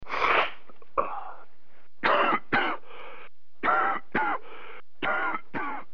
Daily life congested cough sound effect.